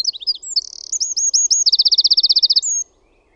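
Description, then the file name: Eurasian wren song, high and energetic, with quick chirps running into a long, steady, rattling trill before a brief closing note. "PEUKALOINEN"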